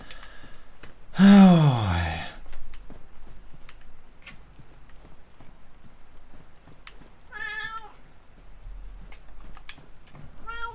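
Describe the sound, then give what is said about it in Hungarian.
A cat lets out a loud, drawn-out meow, then a shorter, higher-pitched mew several seconds later, with faint scattered clicks and rustles in between. “Na, ennyi volt, el is, itt is hagy a macska.”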